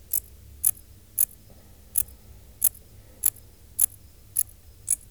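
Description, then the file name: Dark bush-cricket song, short high scratchy chirps repeated about twice a second, with a quiet low background hum. "Pholidoptera griseoaptera"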